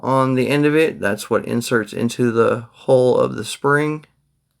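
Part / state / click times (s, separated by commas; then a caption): recoil spring guide rod into pistol recoil spring / not seated / none. Someone talks while handling a Glock 42 pistol's recoil spring guide rod, whose small tip goes into the hole of the recoil spring. Speech fills the clip until about 4.1 seconds, then it goes quiet. Nothing has seated or clicked yet; the tip is not home when the clip ends.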